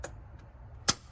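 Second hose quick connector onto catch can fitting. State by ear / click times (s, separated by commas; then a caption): seated / 0.9 s. The plastic quick connector on the second hose is pushed onto its fitting on a Mishimoto oil catch can being installed on a 2020 C8. A faint tick at 0.0 s is followed by a sharp, bright click at 0.9 s as the connector seats onto the fitting.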